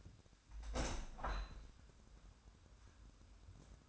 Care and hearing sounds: daily activity, microphone in the room; open window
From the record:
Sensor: 2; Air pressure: 1006.5 hPa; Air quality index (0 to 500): 205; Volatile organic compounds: 15 ppm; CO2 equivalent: 2503 ppm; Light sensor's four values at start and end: 9/21/9/9 and 9/22/9/9

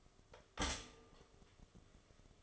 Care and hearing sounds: daily activity, microphone in the room; stop toaster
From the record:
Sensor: 4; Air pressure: 1015.5 hPa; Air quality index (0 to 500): 194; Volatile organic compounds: 9 ppm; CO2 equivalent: 2163 ppm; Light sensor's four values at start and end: 4/9/3/3 and 4/10/3/3

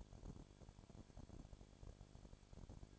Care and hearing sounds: daily activity, microphone in the room; no activity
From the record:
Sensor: 5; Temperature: 20.1 degrees Celsius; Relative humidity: 36.5%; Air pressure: 1001.1 hPa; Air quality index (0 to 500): 176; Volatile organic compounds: 4 ppm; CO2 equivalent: 1602 ppm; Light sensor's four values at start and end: 2/3/1/1 and 2/3/1/1

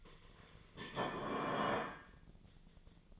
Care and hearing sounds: daily activity, microphone in the room; place plate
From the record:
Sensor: 4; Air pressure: 1010.2 hPa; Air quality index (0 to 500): 180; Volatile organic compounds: 5 ppm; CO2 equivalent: 1827 ppm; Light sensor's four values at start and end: 31/92/36/35 and 31/92/36/35

